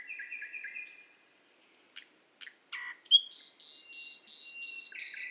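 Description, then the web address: Nightingale singing: soft doubled whistles, a few sharp clicks, then a series of loud, full, evenly spaced notes. Qatar. "qatar birds qatar birds nightingale"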